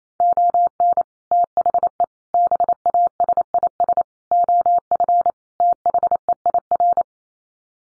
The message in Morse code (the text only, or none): ON THE BASIS OF THEIR